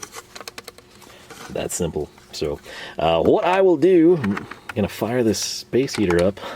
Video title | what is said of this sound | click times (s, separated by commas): First Look at Ernst's New Orange and Green Socket Boss (+ Plier Pro and Trays)! | positioned in the tray and then all we're gonna do is click into place | 0.5 s, 0.6 s